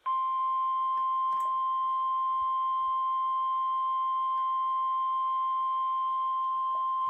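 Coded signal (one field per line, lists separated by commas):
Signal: Emergency Alert System (SAME) tones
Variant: 1050 Hz attention tone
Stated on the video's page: EAS alerts, some received on a handheld receiver.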